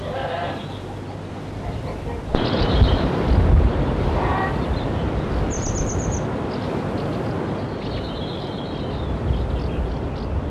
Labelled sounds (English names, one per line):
Grey Wagtail song